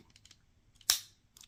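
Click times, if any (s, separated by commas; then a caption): 0.9 s. A plastic arm piece on a transforming action figure of Optimus Prime, Studio Series 102, is moved up to the top and pushed until it clicks into its joint. Light handling ticks and rustles come before one sharp, loud click at 0.9 s, and a few soft taps follow. The part seats in place.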